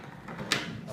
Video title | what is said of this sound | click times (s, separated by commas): Портативный пылесос ATWFS HAVC-228 сборка | палочка защелкивается вот сюда. | 0.5 s